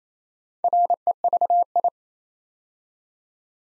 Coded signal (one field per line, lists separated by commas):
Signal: Morse code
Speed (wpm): 27 wpm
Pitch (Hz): 700 Hz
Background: none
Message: REVI